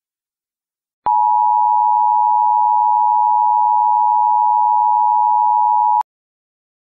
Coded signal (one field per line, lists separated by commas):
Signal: Emergency Alert System (SAME) tones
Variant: 853 and 960 Hz attention tone